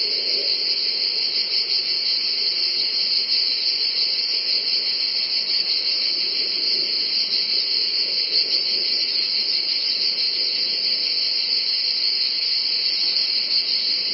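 Cicadas droning in a steady, unbroken high-pitched buzz that holds an even level for the whole stretch.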